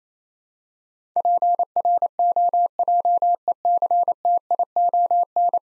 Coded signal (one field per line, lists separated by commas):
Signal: Morse code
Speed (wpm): 28 wpm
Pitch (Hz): 700 Hz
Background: none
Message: PROJECTION